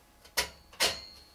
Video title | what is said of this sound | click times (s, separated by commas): K3 Construction 2010 Part 2.wmv | Perfect. That's gone in. Satisfying Yeah. click. | 0.4 s